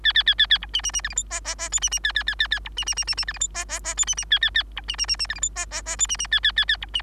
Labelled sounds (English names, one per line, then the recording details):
Bengalese Finch song
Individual Bird3